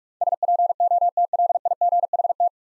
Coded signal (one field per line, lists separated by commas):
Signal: Morse code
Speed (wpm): 43 wpm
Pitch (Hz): 700 Hz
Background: none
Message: SPOTLIGHT